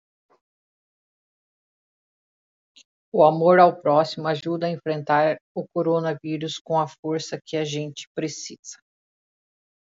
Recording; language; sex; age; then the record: spoken sentence; Brazilian Portuguese; female; 40 to 49 years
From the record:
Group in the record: control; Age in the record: 41 years